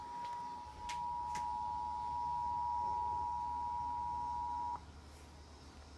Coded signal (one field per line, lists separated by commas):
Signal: Emergency Alert System (SAME) tones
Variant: 853 and 960 Hz attention tone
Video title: EAS Alert #13: Severe Thunderstorm Warning for 4 Indiana Counties.